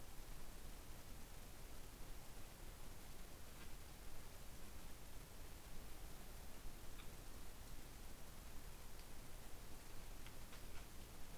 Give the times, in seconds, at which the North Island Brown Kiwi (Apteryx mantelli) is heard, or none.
none